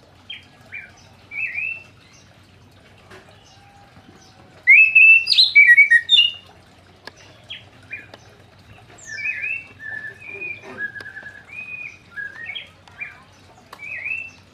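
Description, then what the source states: Orange-headed thrush song: varied whistled phrases with a loud burst of rich warbling near the middle, then further whistled phrases. Singing bird; song described as "gacor ngeplong".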